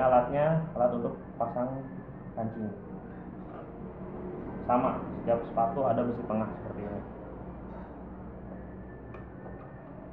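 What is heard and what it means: A snap-on button-sewing presser foot with a metal centre pin is handled and lined up with the presser foot holder of a Singer 3323 sewing machine while someone talks. Only speech and faint handling sounds are heard, and nothing has seated or clicked yet.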